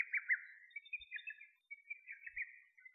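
Lesser cuckoo calling, a few quick bursts of short, clipped whistled notes, slightly wavering in pitch, with a couple of soft low thumps in the background.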